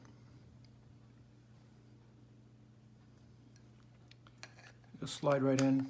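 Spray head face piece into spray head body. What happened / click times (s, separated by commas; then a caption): Plastic parts handled and lined up, not yet seated / none. The plastic face piece of a Grohe Bridgeford kitchen faucet spray head is lined up by its two small tabs with the matching tabs on the spray head body before being pushed home. Light clinks from handling the plastic parts come at about 4.1, 4.3 and 4.4 s over a steady low hum, then someone talks. Nothing has seated or clicked yet.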